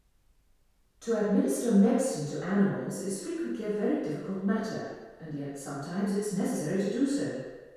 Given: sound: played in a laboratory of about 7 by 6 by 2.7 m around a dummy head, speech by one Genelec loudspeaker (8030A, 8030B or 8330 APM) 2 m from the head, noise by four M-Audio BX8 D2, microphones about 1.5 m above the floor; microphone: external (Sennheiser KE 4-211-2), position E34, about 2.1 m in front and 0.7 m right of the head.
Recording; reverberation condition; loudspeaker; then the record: female speech in English; high; 60 degrees to the left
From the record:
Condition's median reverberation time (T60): about 1300 ms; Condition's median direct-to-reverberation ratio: about -4.0 dB